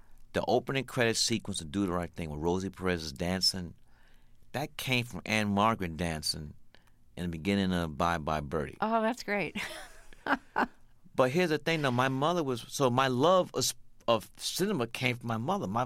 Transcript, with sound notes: the opening credit sequence of "Do The Right Thing" with Rosie Perez's dancing - that came from Ann-Margret dancing in the beginning of "Bye Bye Birdie."
Oh, that's great (laughter)
But here's the thing that my mother was - so my love of cinema came from my mother.